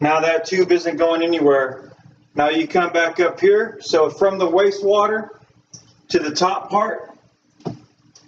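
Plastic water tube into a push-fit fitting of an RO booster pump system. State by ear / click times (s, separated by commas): seated / 8.2 s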